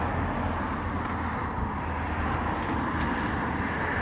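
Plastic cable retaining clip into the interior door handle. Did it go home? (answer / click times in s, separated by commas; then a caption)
no / none. On a 2005 Acura TSX, the small plastic retaining clip for the door handle cable is positioned and lined up in the interior door handle before being pushed home, to make sure the door handle works. Only a steady, even rumble like vehicle or traffic noise is heard throughout, with no sharp sounds. Nothing has seated or clicked yet.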